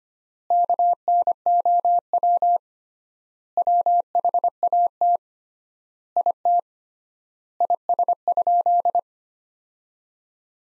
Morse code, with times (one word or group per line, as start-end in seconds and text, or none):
0.5-2.6 KNOW
3.6-5.2 WHAT
6.2-6.6 IT
7.6-9.0 IS?